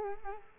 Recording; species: mosquito wingbeat signal from an infrared sensor; Culex quinquefasciatus